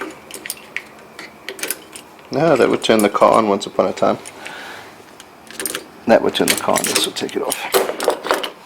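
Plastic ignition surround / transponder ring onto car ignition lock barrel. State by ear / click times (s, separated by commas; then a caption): not seated / none. A plastic ignition surround (transponder ring) is being handled at a car's ignition lock barrel, with sharp plastic clicks and rattles between stretches where someone talks. Nothing has seated or clicked into place yet; the part is not home by the end of the clip.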